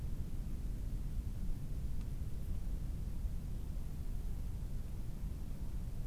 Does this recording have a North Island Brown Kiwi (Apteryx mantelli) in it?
no